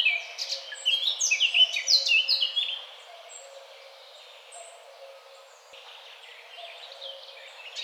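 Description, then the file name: Eurasian blackcap song opening with a loud, rapid run of varied high warbled notes, then dropping to a much softer, subdued twitter for the rest. "Sylvia atricapilla"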